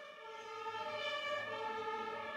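Several ambulance sirens passing outside wail together in a steady, layered drone, their high tones stacked and sustained at a fairly even loudness with no voices over them.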